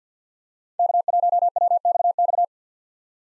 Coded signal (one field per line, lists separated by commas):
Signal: Morse code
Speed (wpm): 50 wpm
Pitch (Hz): 700 Hz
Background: none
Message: K1WXX